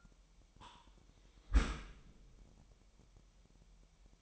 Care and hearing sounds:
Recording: daily activity, microphone in the room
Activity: close dishwasher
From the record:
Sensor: 1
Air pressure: 998.4 hPa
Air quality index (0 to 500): 138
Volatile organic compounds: 4 ppm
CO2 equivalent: 1653 ppm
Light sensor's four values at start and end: 17/56/22/23 and 16/56/22/23

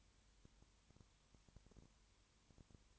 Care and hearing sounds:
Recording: daily activity, microphone in the room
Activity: no activity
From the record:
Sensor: 3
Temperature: 21.1 degrees Celsius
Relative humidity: 37.0%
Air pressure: 1010.6 hPa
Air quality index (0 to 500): 204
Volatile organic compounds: 31 ppm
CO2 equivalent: 2982 ppm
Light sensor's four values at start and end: 2/3/2/2 and 2/3/2/2

